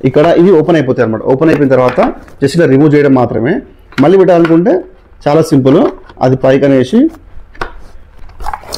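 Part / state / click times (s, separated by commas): helmet visor into helmet side pivot mount / seated / 8.5 s, 8.7 s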